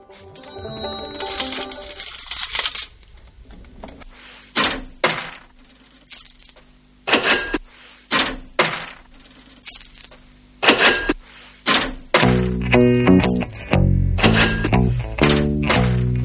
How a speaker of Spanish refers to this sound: Triqui traca, placa plic, cantaban las monedas que ya estaban adentro. Y apenas llegaban monedas nuevas, estas, encantadas de verlas, respondían: triqui plic, carraca, taca, shin, shin.